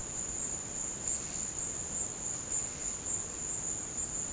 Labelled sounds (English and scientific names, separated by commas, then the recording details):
none
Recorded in pastures near Puerto Asís, Putumayo, Colombia, on 22 December 2024 at 13:00
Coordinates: 0.466, -76.322
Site G040